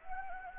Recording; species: mosquito wingbeat signal from an infrared sensor; Anopheles gambiae